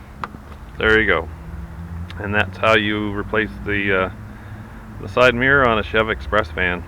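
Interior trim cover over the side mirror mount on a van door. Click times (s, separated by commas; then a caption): 0.2 s. The interior trim cover over the side mirror mount on a Chevy Express van door, fitted after the mirror's three nuts are tightened, is hooked in and pressed until its bottom notches snap into place. A single sharp snap is heard at 0.2 s, and then someone talks over a steady low hum. The trim cover is seated.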